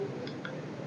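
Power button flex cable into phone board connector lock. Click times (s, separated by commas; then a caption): 0.5 s. A technician replacing the broken power button on a Poco M3 phone places the power-button flex strip into its connector on the phone board and closes the small lock over it. A faint tick at about 0.3 s is followed by a short, sharp click at 0.5 s as the lock closes and the flex connector seats.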